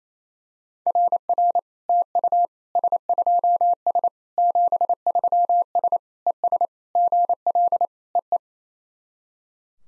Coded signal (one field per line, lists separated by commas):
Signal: Morse code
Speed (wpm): 28 wpm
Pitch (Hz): 700 Hz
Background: none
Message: RR TU S2S 73S ES GL EE